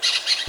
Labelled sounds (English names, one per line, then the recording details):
Brown-throated Parakeet contact call
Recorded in Venezuela
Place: Ocumare, La Boca, salina
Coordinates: 10.488, -67.763